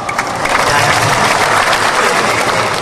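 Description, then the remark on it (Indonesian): A crowd claps steadily, dense overlapping hand claps forming a loud, even wash of applause that holds at the same level without pause. “Jangan tepuk tangan, ini bukan gereja Pantai Kosta, ini bukan kampanye.”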